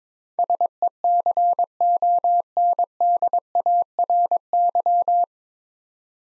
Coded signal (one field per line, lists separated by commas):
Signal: Morse code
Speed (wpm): 21 wpm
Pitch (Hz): 700 Hz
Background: none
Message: SECONDARY